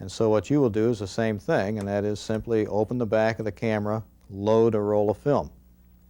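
Someone talks about opening the back of a 35 mm film camera and loading a roll of film, with the film door to be closed onto the camera body. No click is heard, because the film door has not yet latched shut and nothing has seated. That latch click is what triggers the camera's automatic film loading.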